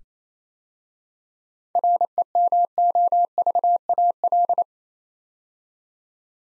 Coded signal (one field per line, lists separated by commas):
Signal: Morse code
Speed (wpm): 27 wpm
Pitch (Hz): 700 Hz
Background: none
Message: REMOVAL